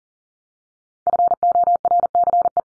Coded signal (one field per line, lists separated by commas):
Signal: Morse code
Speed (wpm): 40 wpm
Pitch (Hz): 700 Hz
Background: none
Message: FORCE